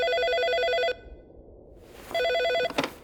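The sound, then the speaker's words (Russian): A telephone in an office rings in two bursts of warbling, trilling electronic tone separated by a short silence, loud and alone, with a brief clatter at the end like a receiver being picked up. “Почти сразу там зазвонил телефон.”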